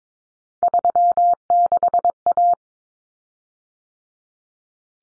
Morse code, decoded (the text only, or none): 36A